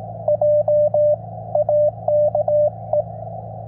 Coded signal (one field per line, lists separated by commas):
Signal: Morse code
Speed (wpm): 17 wpm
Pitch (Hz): 560 Hz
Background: none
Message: JAKE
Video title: Calling for help at K-1256 - A troubled POTA straight key activation #cw #pota #parksontheair #qrp